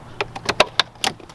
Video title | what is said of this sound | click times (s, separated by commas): 2020 Mercedes Benz G Wagen AMG - CAR MOM TOUR | And I'm going to be honest, I didn't really think I would be as hyped up about it until I got here, and it is the most satisfying click I've ever heard. | 0.6 s, 0.8 s